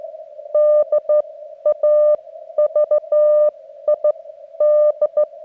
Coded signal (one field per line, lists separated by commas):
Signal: Morse code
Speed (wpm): 14 wpm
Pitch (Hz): 600 Hz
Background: none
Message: DAVID